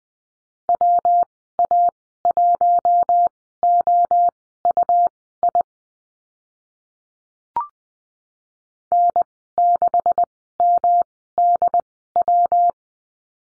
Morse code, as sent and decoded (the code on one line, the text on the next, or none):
.-- .- .---- --- ..- .. / -. -.... -- -.. .--
WA1OUI N6MDW